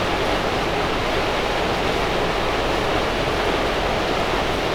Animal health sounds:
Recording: poultry house recording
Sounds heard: no chicken sound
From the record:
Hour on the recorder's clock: 8

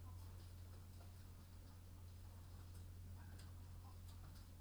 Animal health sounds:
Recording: poultry house recording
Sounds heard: sick chickens (respiratory disease)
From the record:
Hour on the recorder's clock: 22

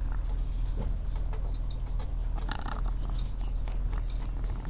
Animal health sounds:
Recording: poultry house recording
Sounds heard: sick chickens (respiratory disease)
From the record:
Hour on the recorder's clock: 14

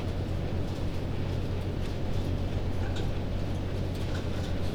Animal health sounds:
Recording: poultry house recording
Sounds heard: no chicken sound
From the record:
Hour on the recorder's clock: 22

